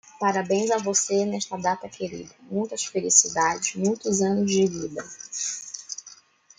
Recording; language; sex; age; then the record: short text; Brazilian Portuguese; female; 20 to 29 years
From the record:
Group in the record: control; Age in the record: 29 years